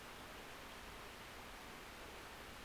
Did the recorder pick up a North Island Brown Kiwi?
no